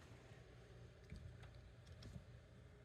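A plastic extruder shroud for a Creality K1C 3D printer, which has no screws, is lined up by its locating nubs over the extruder while being handled. A steady low rumble runs throughout, with faint brief handling taps near 1.1 and 2.0 seconds. The shroud has not snapped into place yet; nothing has seated.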